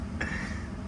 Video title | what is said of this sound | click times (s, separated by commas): Stig Shift #52 (Aircraft Maintenance Adventures) | there you go just locks into place like that same with this one | 0.2 s